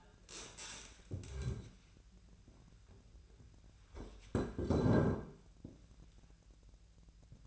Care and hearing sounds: daily activity, microphone in the room; stand up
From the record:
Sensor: 2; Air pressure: 1001.4 hPa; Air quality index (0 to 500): 242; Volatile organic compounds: 76 ppm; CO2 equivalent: 3570 ppm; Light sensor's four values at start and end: 12/28/12/12 and 9/22/9/10

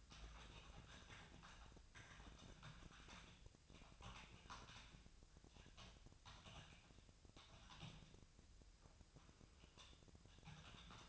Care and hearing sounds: daily activity, microphone in the room; typing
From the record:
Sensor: 2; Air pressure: 999.1 hPa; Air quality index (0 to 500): 207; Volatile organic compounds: 35 ppm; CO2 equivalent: 3066 ppm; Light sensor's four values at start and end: 7/17/6/7 and 7/16/6/7

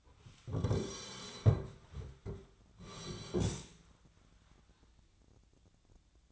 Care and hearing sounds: daily activity, microphone in the room; sit down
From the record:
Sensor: 3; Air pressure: 1009.2 hPa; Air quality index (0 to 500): 183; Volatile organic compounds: 3 ppm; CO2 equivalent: 1480 ppm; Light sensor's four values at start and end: 43/110/49/50 and 48/123/55/55

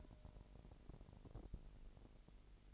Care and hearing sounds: daily activity, microphone in the room; take from stove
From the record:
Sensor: 5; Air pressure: 1002.1 hPa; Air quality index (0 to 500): 263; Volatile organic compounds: 12 ppm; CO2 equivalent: 2370 ppm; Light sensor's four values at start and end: 20/44/19/21 and 20/43/19/21

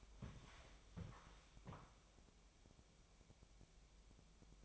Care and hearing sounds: daily activity, microphone in the room; walk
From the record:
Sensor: 1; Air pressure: 1000.5 hPa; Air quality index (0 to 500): 170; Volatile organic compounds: 4 ppm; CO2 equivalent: 1569 ppm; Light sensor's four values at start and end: 13/32/13/15 and 14/34/14/16

